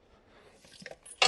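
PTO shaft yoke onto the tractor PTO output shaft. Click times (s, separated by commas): 1.2 s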